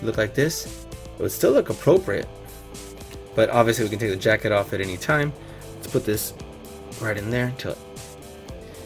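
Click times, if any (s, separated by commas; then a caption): none. A plastic part of a Marvel Legends Kingpin build-a-figure, whose jacket can be taken on and off, is pushed into its socket on the figure's body while someone talks over background music, with a faint short tap near 8.5 s. Nothing has clicked into place yet; the part goes in without clicking.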